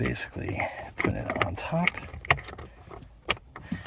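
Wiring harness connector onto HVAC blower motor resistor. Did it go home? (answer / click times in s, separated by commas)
yes / 2.3 s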